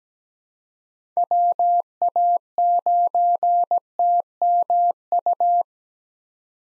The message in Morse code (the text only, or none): WA9TMU